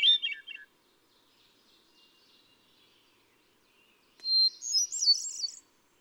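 Hermit thrush song: a lower fluty phrase fades out, then after a pause a high phrase opens on a held whistle and rises into rippling, warbling notes.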